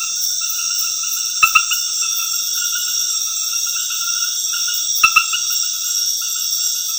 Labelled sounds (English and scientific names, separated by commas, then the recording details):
none
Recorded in dense forest near Puerto Asís, Putumayo, Colombia, on 20 February 2024 at 22:30
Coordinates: 0.496, -76.326
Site G6383